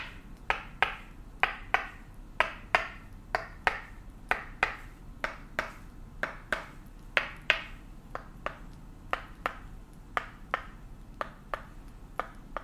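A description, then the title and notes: Tok Sen hammer massage on the back and neck: a wooden hammer strikes in a steady, even rhythm, roughly two crisp knocks per second, each with a brief woody ring. The force varies slightly from tap to tap over a constant low hum. Tok Sen Thai hammer back and neck massage.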